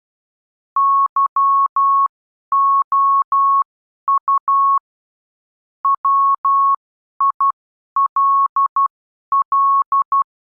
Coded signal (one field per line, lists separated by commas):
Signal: Morse code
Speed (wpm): 12 wpm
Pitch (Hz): 1100 Hz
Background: none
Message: YOU WILL